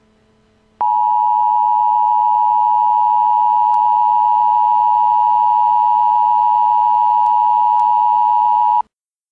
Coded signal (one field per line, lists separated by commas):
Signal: Emergency Alert System (SAME) tones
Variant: 853 and 960 Hz attention tone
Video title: EAS: Required Monthly Test for June